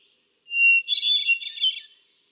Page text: Birdsong for the Curious Naturalist. Hermit thrush. A truly gifted and inspiring songster. Can you hear how he cycles through his repertoire of about ten different songs? June 13, 2006. Quabbin Park, Ware, Massachusetts